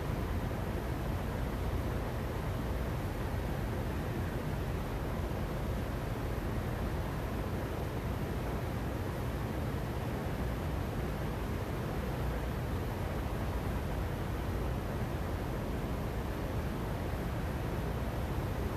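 Air conditioners drone in a courtyard, a steady, dense, low rushing hum that never changes, with no distinct passing jets or helicopters.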